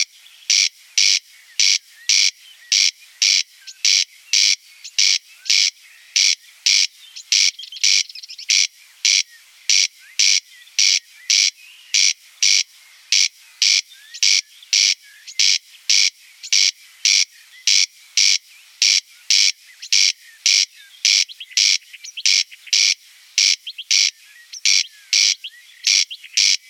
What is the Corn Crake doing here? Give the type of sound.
song